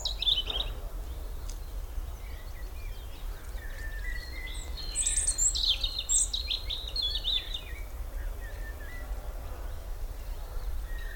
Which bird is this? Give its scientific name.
Erithacus rubecula